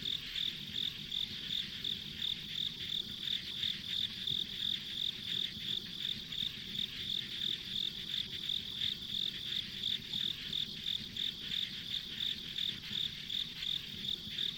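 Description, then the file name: Insects singing, a sustained series of sharp high chirps at a steady pace of nearly three per second throughout, over a hissing insect chorus and low background noise. Ambient insect sounds on a rural country road. "田舎道の虫の環境音"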